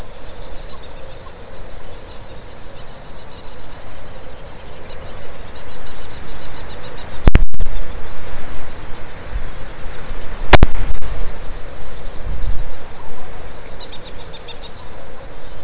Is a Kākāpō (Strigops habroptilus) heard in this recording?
no